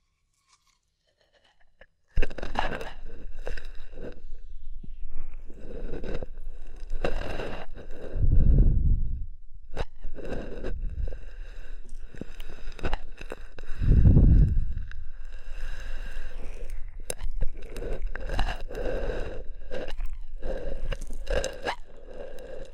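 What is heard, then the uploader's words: Wet ear massage with oil and foam, starting after about two seconds of near silence. Dense squelching, crackling and scraping sounds run continuously, with deeper rubbing surges around eight and fourteen seconds and bright fizzy crackles throughout. ASMR Oil, Foam and Tingly Ear Massage for Stress Relief (No Talking).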